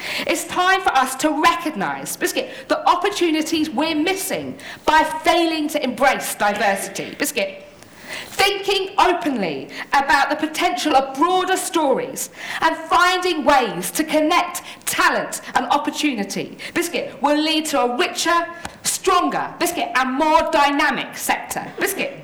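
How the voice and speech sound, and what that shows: Fluent adult female speech in a British accent, broken five times by the involuntary word "biscuit", a vocal tic of Tourette syndrome, a neurological condition causing movements and noises that cannot be controlled.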